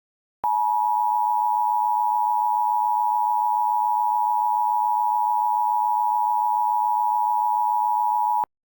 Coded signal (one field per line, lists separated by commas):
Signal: Emergency Alert System (SAME) tones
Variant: 853 and 960 Hz attention tone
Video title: EAS Scenario - Fast and Furry-ous (A "Looney Tunes" Scenario)